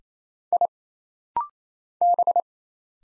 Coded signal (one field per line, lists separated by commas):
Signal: Morse code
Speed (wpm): 27 wpm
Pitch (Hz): 700 Hz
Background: none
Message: I B